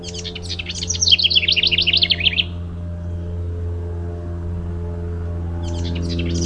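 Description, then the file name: House wren song: a rapid, bubbling burst of buzzy trills lasting about two seconds, then a second phrase starting near the end, over steady low rumble. "HOWR song"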